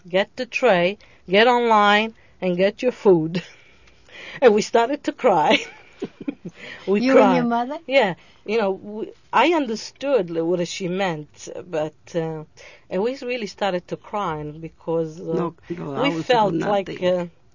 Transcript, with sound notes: "Get the tray, get on line, and get your food." And we started to cry. ( she laughs ) We cried.
You and your mother?
Yes. You know, I understood what she meant, but, uh, we really started to cry, because we felt like, uh,